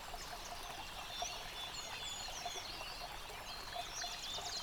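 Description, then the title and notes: Chorus of songbirds with high whistles and quick trills, mixed into the constant splashing rush of a brook. Bird chorus recorded by a stream at Dlouhý Důl, Krásná Lípa, Czechia, on a Zoom H6 recorder. "Dlouhý Důl 14, 407 47 Krásná Lípa, Czechia - Ptáci a potok. Ptačí sněm snímaný u potoka.. nahráno na ZOOM H6"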